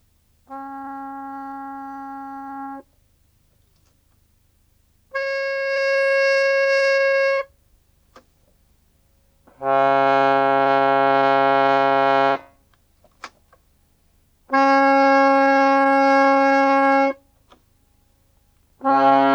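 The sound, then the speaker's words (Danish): An accordion holds a single sustained note in five separate blasts while the register buttons are switched, starting with the first button, each with a different reedy tone colour, some buzzy and bright, others fuller and deeper, with short silences between. “Hvis man holder den samme tone ned og skifter på registreringsknapperne, vil det lyde sådan.”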